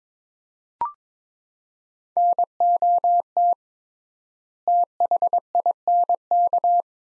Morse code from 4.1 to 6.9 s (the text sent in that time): THINK